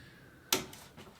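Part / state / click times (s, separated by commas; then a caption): torque wrench with crow's foot on suspension strut top nut / torque reached / 0.5 s. A torque wrench fitted with a crow's foot adapter held at 90 degrees tightens the suspension strut top nut on a 2007 Ford Focus Mk2 during a front nearside spring replacement. A single sharp click comes at 0.5 s, followed by a faint softer tap near 0.7 s. The wrench clicks at its setting and the nut is confirmed tight.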